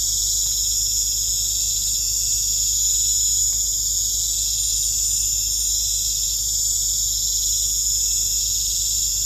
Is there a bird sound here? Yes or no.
no